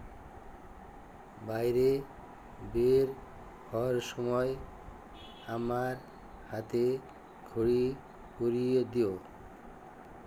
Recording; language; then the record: elicited speech; Bengali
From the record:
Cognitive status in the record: dementia